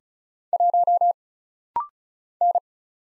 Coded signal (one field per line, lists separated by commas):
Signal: Morse code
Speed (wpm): 35 wpm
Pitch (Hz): 700 Hz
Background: none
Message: 1 N